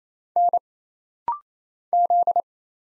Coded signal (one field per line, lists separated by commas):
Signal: Morse code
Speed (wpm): 27 wpm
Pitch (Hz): 700 Hz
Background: none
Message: N Z